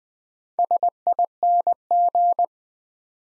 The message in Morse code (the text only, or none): SING